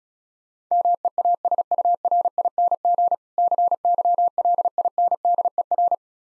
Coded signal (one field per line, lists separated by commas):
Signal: Morse code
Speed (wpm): 36 wpm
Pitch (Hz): 700 Hz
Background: none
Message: MEASURING CYLINDER